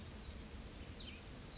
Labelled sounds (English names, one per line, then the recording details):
Chestnut-backed Chickadee
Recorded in Sonoma County, California